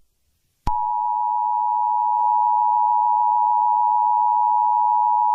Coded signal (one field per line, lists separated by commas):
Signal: Emergency Alert System (SAME) tones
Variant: 853 and 960 Hz attention tone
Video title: EAS scenario 20: revolta do indonesia